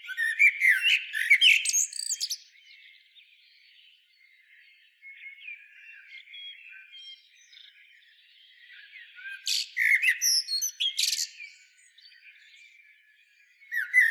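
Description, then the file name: Common blackbird giving two loud phrases of whistles and squeaky twitters separated by soft, quiet warbling, with another phrase beginning at the very end. "Turdus merula"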